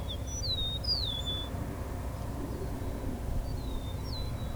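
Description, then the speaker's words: Eastern Meadowlark song of sweet, descending slurred whistles, two phrases a few seconds apart, with a constant low background rumble. Among the first eastern meadowlarks of the season, singing at Vine Mount Meadow Sanctuary, Ontario; a very melodic song. "So I'm at Vine Mount Meadow Sanctuary. Some of the first eastern meadowlarks of the season singing. So this is an eastern meadowlark."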